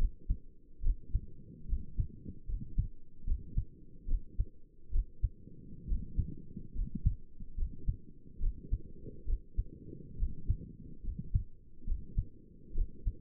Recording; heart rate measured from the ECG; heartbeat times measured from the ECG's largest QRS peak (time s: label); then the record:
heart sounds by stethoscope; 70 bpm
0.84 s: heartbeat
1.69 s: heartbeat
2.49 s: heartbeat
3.27 s: heartbeat
4.08 s: heartbeat
4.93 s: heartbeat
5.88 s: heartbeat
6.76 s: heartbeat
7.58 s: heartbeat
8.41 s: heartbeat
9.27 s: heartbeat
10.19 s: heartbeat
11.04 s: heartbeat
11.87 s: heartbeat
12.75 s: heartbeat
From the record:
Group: healthy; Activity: rest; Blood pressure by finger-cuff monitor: 94/65 mmHg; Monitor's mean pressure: 74 mmHg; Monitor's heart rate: 71 bpm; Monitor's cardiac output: 6.3 L/min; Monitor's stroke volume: 88 mL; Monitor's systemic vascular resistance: 850 dyn s/cm5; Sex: male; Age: 22 years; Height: 181 cm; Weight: 79 kg